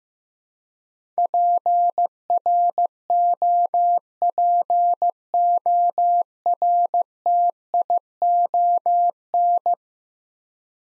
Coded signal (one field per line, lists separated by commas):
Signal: Morse code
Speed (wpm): 15 wpm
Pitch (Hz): 700 Hz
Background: none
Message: PROPORTION